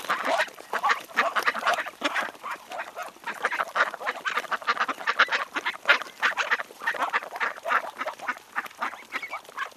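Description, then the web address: Bird calls overlap in a loud, steady chorus of harsh, nasal notes, pulsing in waves with many birds calling together. "ptici ptici"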